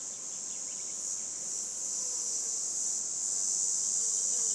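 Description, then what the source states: Red cicada song building gradually in loudness, an unbroken high-pitched buzz over a quiet background. 22 June 2020, 11:10, roadside between Luc and Châtillon-en-Diois, France, end of spring; hesitant start typical of its song, then builds to full-power cymbalisation; Nagra LB, MKH20 omni.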